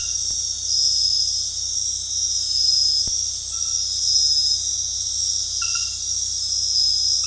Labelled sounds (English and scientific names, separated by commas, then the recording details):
none
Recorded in dense forest near Puerto Asís, Putumayo, Colombia, on 19 February 2024 at 23:00
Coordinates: 0.485, -76.322
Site G6406